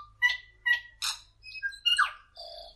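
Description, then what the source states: Tui song: an odd mix of clear whistles, squeaky chirps, buzzy bursts and electronic-sounding warbles, with short pauses between the notes. Endemic to New Zealand.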